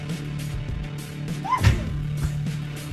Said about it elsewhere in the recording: That squeaky sneeze? Dust in my nose. But I turned my mic off to sneeze.